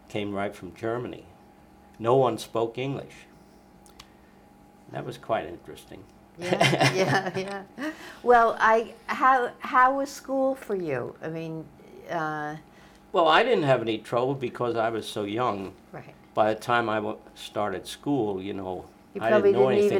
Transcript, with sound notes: came right from Germany. No one spoke English. That was quite interesting (laughs)
Well, how was school for you? I mean —
-Well, I didn't have any trouble because I was so young, by the time I went, started school, you know, I didn't know anything else.